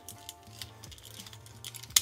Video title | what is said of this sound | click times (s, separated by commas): What…..The Hell….Old Gamer Edition Had….Issues - #transformers FOC Bruticus Review | the accordion in and click into place | 2.0 s